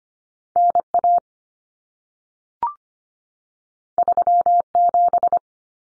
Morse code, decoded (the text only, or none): NA 37